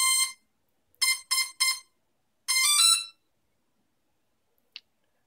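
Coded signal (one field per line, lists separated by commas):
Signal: beep code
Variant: drone ESC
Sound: one long buzzy beep, three short beeps, then a rising three-note chime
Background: quiet room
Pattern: 1 long, 3 short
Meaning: Throttle minimum recorded; calibration is complete and the ESCs initialize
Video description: Push the throttle all the way down. The ESCs should produce one long beep followed by their regular initialization beeps.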